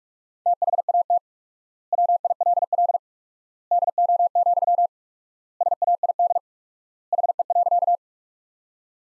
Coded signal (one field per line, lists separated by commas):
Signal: Morse code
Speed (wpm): 42 wpm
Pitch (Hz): 700 Hz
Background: none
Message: THAT WILL DO, SAID HE.